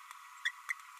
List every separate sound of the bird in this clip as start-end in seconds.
0.45-0.51, 0.69-0.74